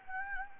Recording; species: mosquito wingbeat signal from an infrared sensor; Anopheles gambiae